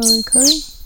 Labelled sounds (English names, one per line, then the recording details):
Stitchbird song
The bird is a male
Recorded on Tiritiri Matangi Island, New Zealand, in 2005
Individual 16, of nest box 24